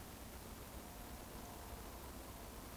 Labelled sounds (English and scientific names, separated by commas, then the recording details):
Eurasian Woodcock (Scolopax rusticola) whistle
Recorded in Baden-Württemberg, Germany, on 12 June 2020 at 20:37 UTC
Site 14569, 102 m above sea level